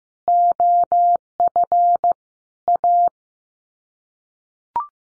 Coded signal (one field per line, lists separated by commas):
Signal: Morse code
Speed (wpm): 15 wpm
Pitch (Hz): 700 Hz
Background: none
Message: OF A